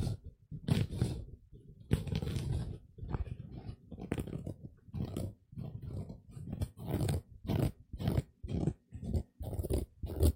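A sponge is scrubbed in quick, uneven strokes, each a rough, raspy scratch with a low, grainy body and brief bright edges. The strokes come in bursts roughly every half second, separated by short gaps, and some are softer than others.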